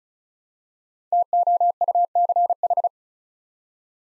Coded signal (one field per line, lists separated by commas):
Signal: Morse code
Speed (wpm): 34 wpm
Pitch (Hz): 700 Hz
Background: none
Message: TOUCH